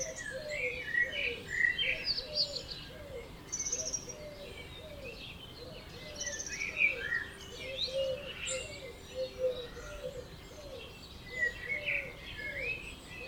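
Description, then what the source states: Dawn chorus of birds: a low repeated wavering note runs steadily under a mix of high chirps, whistles and trills. Dawn chorus at 4 am in Oberhofen, Inntal valley, Austria; binaural recording made for headphone listening.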